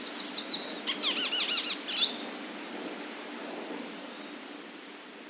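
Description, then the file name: Chestnut-cheeked starling calls, a burst of quick wavering chattered notes in the first two seconds, then near quiet with a faint hiss. "komuku"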